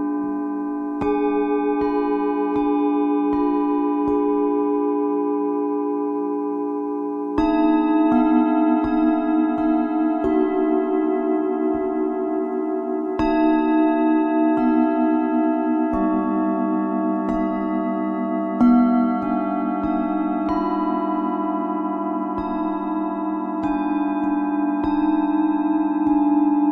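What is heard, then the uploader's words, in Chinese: Several singing bowls of different sizes ring together in a dense, layered hum, their long tones overlapping and sustaining throughout. Fresh strikes land every second or two, with brighter accents near 7, 13 and 19 seconds, over a steady low resonance and a faint shimmer above. 颂钵疗愈。大大小小的颂钵共振音频。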